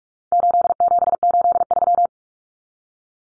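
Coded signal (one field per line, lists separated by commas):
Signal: Morse code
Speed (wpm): 44 wpm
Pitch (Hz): 700 Hz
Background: none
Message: 8783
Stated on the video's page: Common four-digit cut numbers drill at 45 wpm, swapping T, A, N for 0, 1, 9; each sent in Morse, spoken, then sent again.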